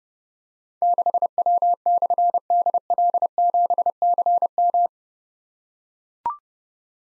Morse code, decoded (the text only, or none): 6W/DL7CM